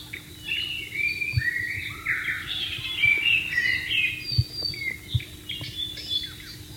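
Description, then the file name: White-rumped shama song, a fast jumble of whistled and chattering notes at moderate loudness, with a few soft clicks beneath. Wild bird, recorded in the wild. "suara burung murai batu di alam liar"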